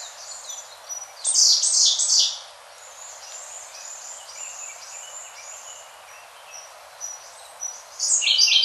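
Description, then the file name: Siberian blue robin song: a loud, fast, rattling high trill lasting about a second, followed by softer high notes, then another loud burst at the end. "koruri"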